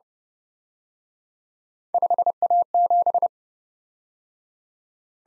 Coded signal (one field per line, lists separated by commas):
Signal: Morse code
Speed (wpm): 29 wpm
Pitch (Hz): 700 Hz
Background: none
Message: 5A7